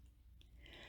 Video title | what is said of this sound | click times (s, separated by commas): Essential 360 Camera Review | just hold the camera to the back of the phone and it will snap into place thanks to the small but powerful magnets | 0.4 s